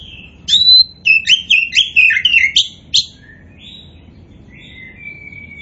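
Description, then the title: Oriental magpie-robin singing a rapid jumble of rising and falling whistles for about three seconds, then soft, drawn-out whistled notes trailing off. Kacer poci variety, described as gacor (singing vigorously). "Kacer Poci Gacor"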